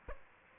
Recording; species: mosquito wingbeat signal from an infrared sensor; Aedes aegypti